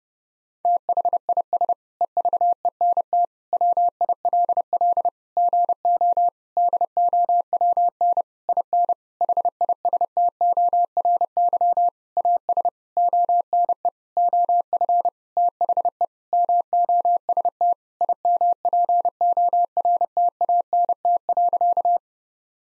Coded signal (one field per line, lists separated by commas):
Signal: Morse code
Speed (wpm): 30 wpm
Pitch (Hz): 700 Hz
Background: none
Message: THIS EVENT WILL GO DOWN IN HISTORY AS ONE OF THE MOST IMPORTANT.